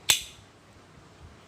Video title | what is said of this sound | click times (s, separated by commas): Greenroom136's buckle walkthrough | a very nice solid click right | 0.1 s